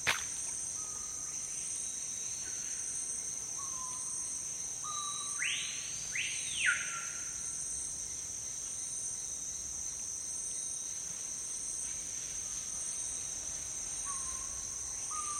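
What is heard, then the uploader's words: Dusk in the Amazon rainforest, with a steady, dense shrill of insects ringing high and unbroken throughout. Around five to seven seconds a bird gives two quick rising-and-falling whistled calls, while short low tones from other creatures appear now and then. Dusk in the Amazon rainforest. As dusk falls in the Amazon rainforest, the sounds of the jungle change dramatically.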